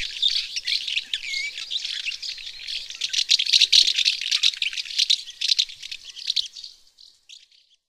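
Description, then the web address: House martin twittering: dense, dry chirping and rattling chatter, continuous and busy, fading out near the end. Recorded in Lower Saxony, Germany. "niedersachsen mehlschwalbe"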